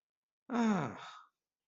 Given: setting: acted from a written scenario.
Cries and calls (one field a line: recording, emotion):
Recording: vocal sound without words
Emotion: contentment